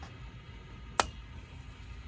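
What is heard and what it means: A pre-greased spark plug wire boot on a 25 hp Mercury outboard engine is lined up and pushed onto the lower spark plug. A single sharp click is heard at 1.0 s over a low steady background hum, as the boot seats in place on the plug.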